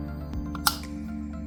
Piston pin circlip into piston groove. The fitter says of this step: you hear click